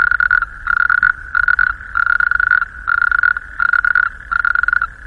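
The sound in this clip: Natterjack toad, a loud rolling rattle in repeated bursts with short gaps between, continuing throughout over a soft low background hum.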